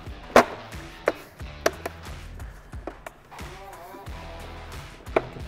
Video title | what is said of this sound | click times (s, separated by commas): 2017-2022 Ford Super Duty LED Off-Road Side Mirror Ditch Lights DIY Installation by ORACLE Lighting | this all snapped back in now we're going to flip our mirror back over | 0.4 s, 1.1 s, 1.7 s, 5.2 s